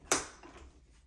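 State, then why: Seated. The rear stabilizer leg's folding joint on the base of an Ingenuity InLighten 5-Speed Baby Swing is straightened. It locks with one loud, sharp click at 0.1 s, followed by a faint decaying tail. The joint is confirmed seated and the leg now stays straight.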